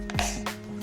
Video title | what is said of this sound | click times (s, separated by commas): Is This the Easiest Stroller to Fold Up? JOIE GINGER LX | Just like that. Now, it's clicked and locked in place. | 0.2 s